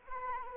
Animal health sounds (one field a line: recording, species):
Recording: mosquito wingbeat signal from an infrared sensor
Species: Anopheles arabiensis